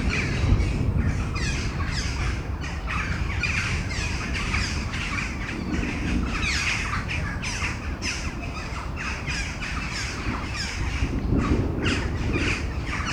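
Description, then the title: Several crows cawing raggedly and almost continuously, the rough calls overlapping one another over a heavy low rumble. Crows before a storm at Domaine de Tivoli, Mechelen, Belgium; Sony PCM-M10 internal microphones. "Domaine de Tivoli, Malines, Belgique, Belgium - Corneilles avant lorage - Crows before the storm"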